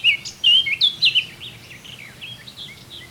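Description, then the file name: Eurasian blackcap singing: loud, clear whistled notes, some sliding up and down, grouped in a quick burst early on, then fainter scratchy twitters follow. "Sylvia atricapilla"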